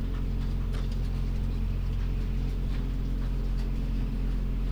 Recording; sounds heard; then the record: poultry house recording; sick chickens (respiratory disease)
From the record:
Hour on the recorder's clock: 4